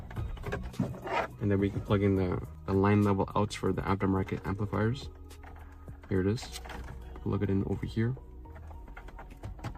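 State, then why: Not seated. A wiring harness plug is handled at the back of a Tesla-style Android head unit in a Dodge RAM while someone talks, with a few light taps and rustles near the start and end. The plug has not seated or clicked into the unit yet.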